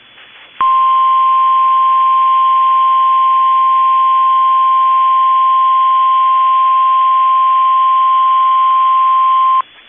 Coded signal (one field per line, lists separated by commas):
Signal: Emergency Alert System (SAME) tones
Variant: 1050 Hz attention tone